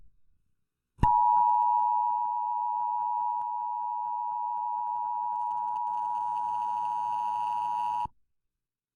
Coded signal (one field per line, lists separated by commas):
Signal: Emergency Alert System (SAME) tones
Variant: 853 and 960 Hz attention tone